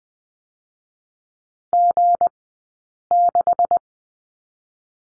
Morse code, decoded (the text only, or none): G6